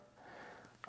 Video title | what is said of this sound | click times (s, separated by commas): HARVEST RIGHT Freeze Dryer Setup (and Test Run) | make sure the door is fully closed. It locks in place, and you'll actually be able to see through the acrylic this black ring, which shows that it's got a good seal. | 0.8 s